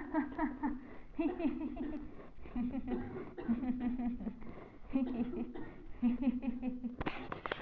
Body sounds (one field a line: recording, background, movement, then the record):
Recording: laughter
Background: a bystander coughing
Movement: sitting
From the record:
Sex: female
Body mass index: 22.6 kg/m2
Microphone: on the chest, facing the body